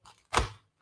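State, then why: Seated. An airsoft rifle magazine is pushed into a magazine pouch on a plate carrier. After a faint rustle, it clicks into place at 0.4 s, and a sharp hit follows that decays over about a quarter second. The magazine is seated in the pouch.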